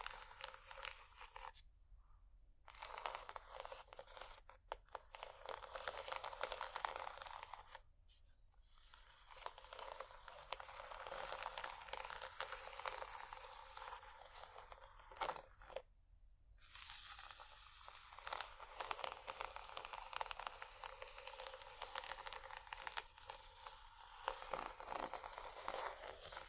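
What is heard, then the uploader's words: Bumpy textured items scratching against each other in dense, crackly bursts with a rough, crunchy, crinkling grain. The scraping runs fairly steadily and is mostly bright, with brief pauses near 2, 8 and 16 seconds before it picks up again. ASMR Bumpy Textured Items Scratching（No Talking）.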